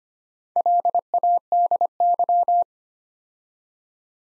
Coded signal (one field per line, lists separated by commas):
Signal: Morse code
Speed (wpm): 25 wpm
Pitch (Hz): 700 Hz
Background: none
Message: LADY